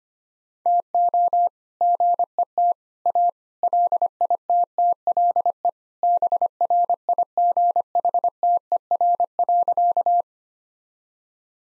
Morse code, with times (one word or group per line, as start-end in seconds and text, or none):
0.7-1.5 TO
1.8-2.7 GET
3.1-3.3 A
3.6-5.7 LITTLE
6.0-10.2 BRIGHTER.